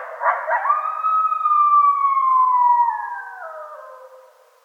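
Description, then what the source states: Coyote howl, a few short yips leading into a long clear note that holds then glides downward and fades. Coyotes recorded on 2013-02-02.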